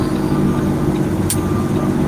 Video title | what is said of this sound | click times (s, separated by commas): 7/21 Joey Whispers 1776 is LIVE @ The Beach in The Red Baron!!! | You hear that click like that? That's me locking my axles. | 1.3 s